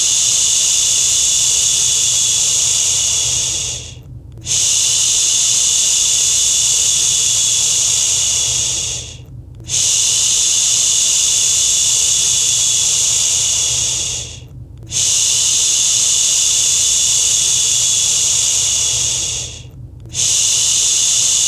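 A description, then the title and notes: A bright, airy shushing sound runs in long, even strokes of about five seconds each. Brief pauses, like quick breaths, break it at regular intervals. A soft, low rumble sits steadily underneath throughout. Shushing for a Sleepy Baby at Bedtime (Fades Out). In this podcast, you'll hear a mix of natural and calming shushing sounds.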